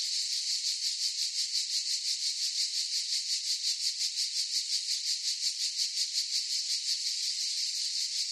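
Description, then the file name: Cicada chorus producing an unbroken shrill buzz, pulsing rapidly and evenly, about three beats per second, with nothing else audible. Forest chorus of cicadas. "gain walkers CICADAS Forest Chorus"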